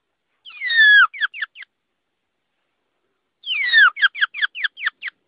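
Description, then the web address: Rock hyrax call: two phrases, each opening with a falling whistled wail followed by several quick, sharp chirps. "aswat Wabbar 01"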